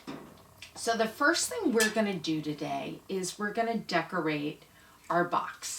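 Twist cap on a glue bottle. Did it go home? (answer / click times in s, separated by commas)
yes / 0.6 s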